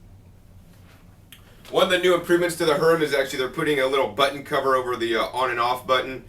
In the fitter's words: Dot here on the machine and line that up and then turn it into place it'll lock into place